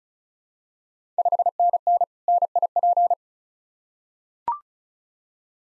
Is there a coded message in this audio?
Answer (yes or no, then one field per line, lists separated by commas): yes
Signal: Morse code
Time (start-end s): 1.2-3.1 s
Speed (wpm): 34 wpm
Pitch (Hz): 700 Hz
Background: none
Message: 5NN NIP